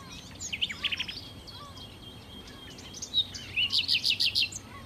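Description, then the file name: Common nightingale song: varied chirps and short whistles, a thin steady whistle, then a loud series of repeated chirping notes near the end. "Nachtigall"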